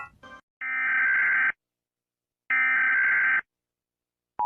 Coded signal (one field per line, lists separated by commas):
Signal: Emergency Alert System (SAME) tones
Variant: header bursts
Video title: Raiting Eas Alarms From Countrys